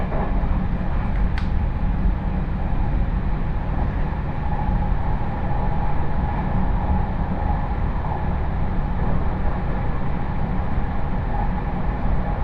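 A train ride on the Chuo West Line: a steady, dense rumble with a faint held tone and a brief sharp click near second one.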